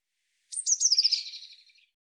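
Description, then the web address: Eurasian blue tit call: a single very high, thin phrase of rapid notes slipping downward, trailing into a softer buzzy churr, with no other sounds. "Deverinetal"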